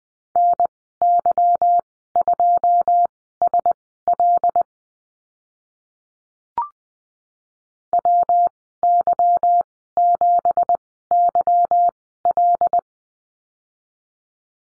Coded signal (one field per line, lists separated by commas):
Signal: Morse code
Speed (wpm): 20 wpm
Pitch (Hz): 700 Hz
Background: none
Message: NY2SL WY7YL